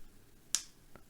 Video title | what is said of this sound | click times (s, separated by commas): Maker Advent 2023 Day 9: You say Wago, I say Wago Clone | reassuring click holds on in fact it's held on that well | 0.6 s